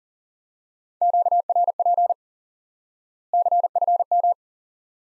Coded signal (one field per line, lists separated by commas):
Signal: Morse code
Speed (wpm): 40 wpm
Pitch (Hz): 700 Hz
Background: none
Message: QRP CFM